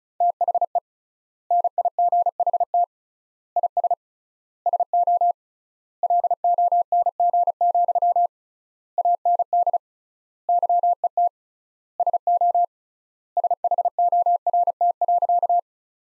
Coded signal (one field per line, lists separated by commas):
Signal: Morse code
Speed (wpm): 34 wpm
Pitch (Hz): 700 Hz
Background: none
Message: THE NIGHT IS SO LONG, AND YET SO SHORT.